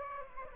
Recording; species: mosquito wingbeat signal from an infrared sensor; Aedes aegypti